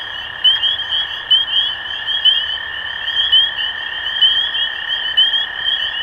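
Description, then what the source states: Spring peepers peeping shrilly and continuously in a full chorus, a level lower trill droning underneath the whole time. Recorded 23 March 2012.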